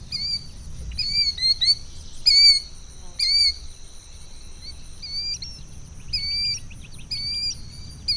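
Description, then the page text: Killdeer calls: shrill, down-slurred notes given singly and in quick clusters, some doubled, with a steady low background hiss. "Крикливый зуек (Charadrius vociferus)"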